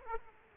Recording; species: mosquito wingbeat signal from an infrared sensor; Aedes aegypti